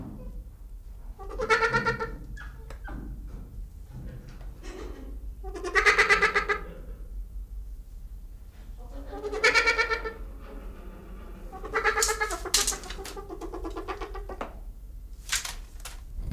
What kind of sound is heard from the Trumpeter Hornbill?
call